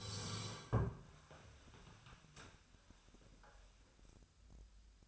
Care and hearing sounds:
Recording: daily activity, microphone in the room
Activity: sit down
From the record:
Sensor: 2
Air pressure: 1015.1 hPa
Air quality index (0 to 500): 133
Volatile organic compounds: 5 ppm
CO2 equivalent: 1717 ppm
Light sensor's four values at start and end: 11/27/11/12 and 12/33/13/14

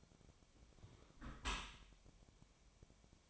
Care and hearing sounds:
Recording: daily activity, microphone in the room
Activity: close dishwasher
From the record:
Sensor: 1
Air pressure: 1006.9 hPa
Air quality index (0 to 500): 205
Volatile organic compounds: 22 ppm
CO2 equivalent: 2768 ppm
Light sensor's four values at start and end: 12/31/12/14 and 12/32/12/14

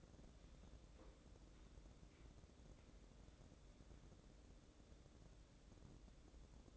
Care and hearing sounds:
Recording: daily activity, microphone in the room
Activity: wipe stove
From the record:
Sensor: 3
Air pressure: 1012.3 hPa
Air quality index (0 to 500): 174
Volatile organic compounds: 3 ppm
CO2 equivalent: 1331 ppm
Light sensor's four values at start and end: 554/1374/566/574 and 560/1390/573/582

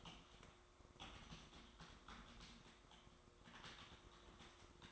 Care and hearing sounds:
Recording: daily activity, microphone in the room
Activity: typing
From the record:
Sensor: 3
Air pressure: 1004.4 hPa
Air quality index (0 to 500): 196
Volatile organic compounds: 14 ppm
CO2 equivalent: 2455 ppm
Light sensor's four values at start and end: 6/16/5/6 and 6/16/5/6

